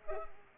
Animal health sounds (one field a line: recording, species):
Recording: mosquito wingbeat signal from an infrared sensor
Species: Culex pipiens